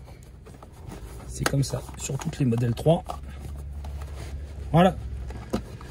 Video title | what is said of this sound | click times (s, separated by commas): Tesla Model 3 : Grilles d'aérations compatibles 2021 | c'est clipsé, c'est collé. | 5.3 s, 5.8 s